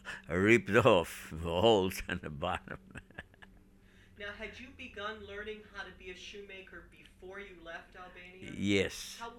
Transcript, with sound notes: ripped off, had holes in the bottom. (he laughs)
Now had you begun learning how to be a shoemaker before you left Albania?
Yes.